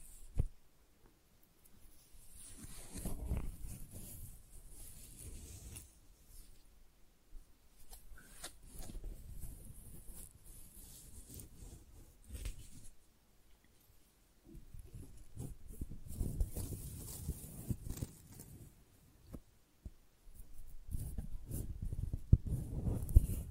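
Flowers are handled in soft, irregular bursts of rustling and crinkling, with quiet gaps between. The fuller passages come around three to five seconds, again from fifteen to nineteen, and near the end, dotted with small crisp ticks over a faint steady hiss.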